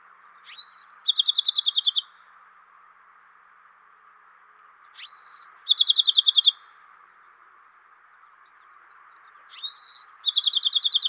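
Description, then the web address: Spotted towhee singing three phrases, each a brief sharp note and slurred whistle followed by a fast, even, buzzy trill, repeated roughly every four and a half seconds over faint background hiss. Western North America. "Dan Gibson Wildlife Identification By Sound, Western North America. Spotted Towhee"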